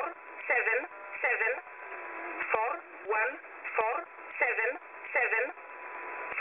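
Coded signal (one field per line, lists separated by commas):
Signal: numbers station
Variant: E11, English-language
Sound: female-like synthetic voice reading short words at even intervals over shortwave hiss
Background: radio static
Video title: Numbers Station, Polish, ENIGMA ID E11, 5779 kHz, USB mode, 03 December, 2020, 0315 UTC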